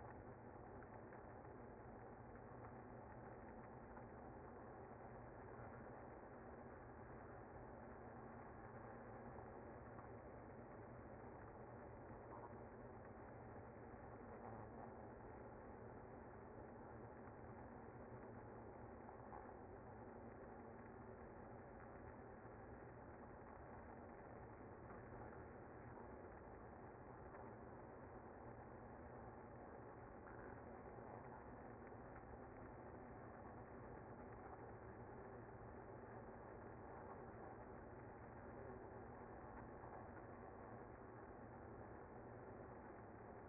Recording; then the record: honeybee colony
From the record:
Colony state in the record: active